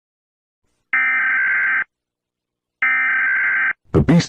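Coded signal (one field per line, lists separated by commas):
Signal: Emergency Alert System (SAME) tones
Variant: header bursts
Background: speech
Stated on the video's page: Fictional EAS scenario depicting a national lockdown, not a real alert.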